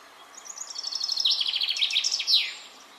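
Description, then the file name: Common chaffinch song phrase: a rapid series of notes rattling down the scale, finishing with a short emphatic flourish. "Fringilla coelebs"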